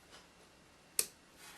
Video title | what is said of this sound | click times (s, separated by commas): 1911 stripped to the bone! | I should have three clicks this particular Springfield clicks three times | 1.0 s